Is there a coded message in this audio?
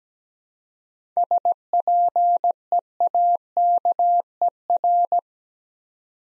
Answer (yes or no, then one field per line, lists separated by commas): yes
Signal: Morse code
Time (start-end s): 1.2-5.2 s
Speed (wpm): 17 wpm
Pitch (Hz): 700 Hz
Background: none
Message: SPEAKER